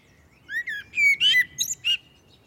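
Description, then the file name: Common blackbird song: a sequence of warbled whistles that grows into a cluster of high, chattering notes, delivered as one brisk phrase. "Turdus merula"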